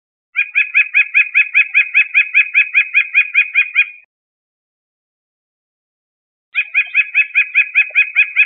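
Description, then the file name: White-breasted nuthatch calling: a fast run of many nasal, evenly spaced notes, then a pause and a second run beginning; no other sounds. "CR WBNU 2 050501"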